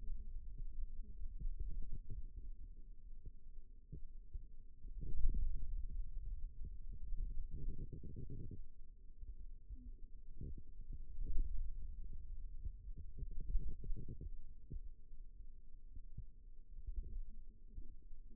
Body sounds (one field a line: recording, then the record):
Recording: forearm muscle sounds (acoustic myography)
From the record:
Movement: ulnar deviation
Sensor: system 2, bracelet of six BSWA MPA416 microphones around the upper forearm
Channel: 3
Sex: male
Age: 22 years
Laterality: right